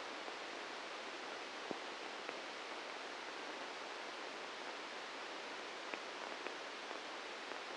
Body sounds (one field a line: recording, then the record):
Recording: brain microelectrode recording played as sound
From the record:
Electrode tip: inside the subthalamic nucleus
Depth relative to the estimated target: 1 mm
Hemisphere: right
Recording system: NeuroSet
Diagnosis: Parkinson's disease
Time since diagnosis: 7 years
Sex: male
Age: 44 years